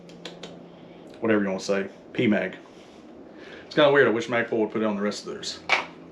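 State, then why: Not seated. A five-round Magpul PMAG polymer magazine is handled at the magazine well of a Sig Cross rifle while someone talks, with brief faint handling ticks near 0.1, 0.3 and 0.4 seconds and another at the very end around 6.2 seconds. Nothing has seated or clicked yet; the magazine is not yet home.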